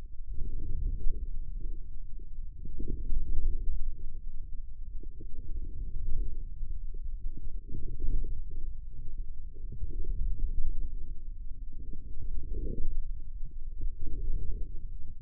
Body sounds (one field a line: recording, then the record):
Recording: forearm muscle sounds (acoustic myography)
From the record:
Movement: inward rotation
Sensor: system 2, bracelet of six BSWA MPA416 microphones around the upper forearm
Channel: 6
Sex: male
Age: 22 years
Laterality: right